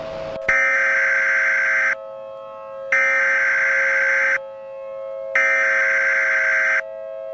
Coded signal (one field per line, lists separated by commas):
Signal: Emergency Alert System (SAME) tones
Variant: header bursts